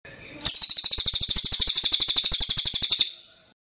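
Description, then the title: Bird song: a fast, even trill of sharp, high chirps lasting about two and a half seconds. Birdsong used for training songbirds. "Masteran Burung"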